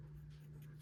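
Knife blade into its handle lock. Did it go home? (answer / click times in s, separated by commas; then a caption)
no / none. A small folding knife with a plastic and rubber handle is handled as its blade is opened toward the handle lock. A steady low hum runs under soft, faint rustling and scraping. Nothing has locked or clicked into place yet.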